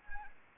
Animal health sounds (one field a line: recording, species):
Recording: mosquito wingbeat signal from an infrared sensor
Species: Anopheles arabiensis